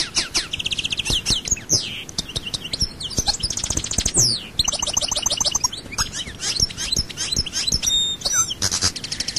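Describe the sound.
European goldfinch singing a fast, liquid jumble of chirps, rattling trills and short whistled slurs, continuous throughout.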